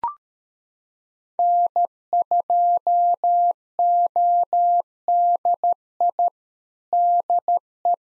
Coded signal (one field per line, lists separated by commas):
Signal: Morse code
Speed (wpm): 13 wpm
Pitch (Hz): 700 Hz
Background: none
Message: N2ODI DE